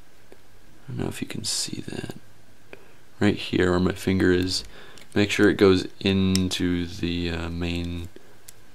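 Someone talks while reassembling a Sony PSP 3000 handheld game console, handling the small black plastic tab on the shell half that has to go into the main plastic housing. A few faint, brief ticks sound between the phrases, but nothing has seated or clicked yet.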